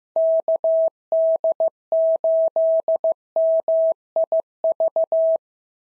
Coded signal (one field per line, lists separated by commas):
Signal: Morse code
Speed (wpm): 15 wpm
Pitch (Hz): 650 Hz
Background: none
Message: KD8MIV